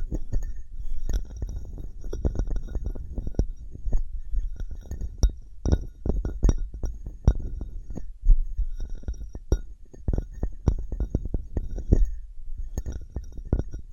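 Objects of different materials are knocked and handled: a busy stream of dull, low thuds and soft bumps, with sharp taps and clicks breaking through every second or so. Faint bright ringing clinks, like glass, appear now and then, especially around the middle.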